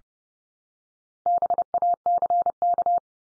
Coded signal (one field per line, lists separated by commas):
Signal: Morse code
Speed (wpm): 30 wpm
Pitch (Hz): 700 Hz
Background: none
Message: BACK